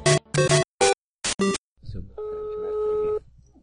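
Five short, bright keypad beeps in an uneven rhythm as a phone is dialed to call Adriane Galisteu, followed after a brief rustle by a steady, sustained electronic phone tone lasting about a second.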